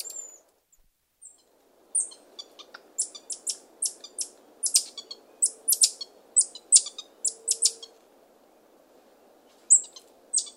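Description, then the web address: Buffy-headed marmoset chatter: rapid bursts of sharp, high chirps and clicks, clustered irregularly, with a few thin whistles near the start and end. South American rainforest primate. "Nature Songs S America Primates of the Rainforest Buffy-headed marmoset"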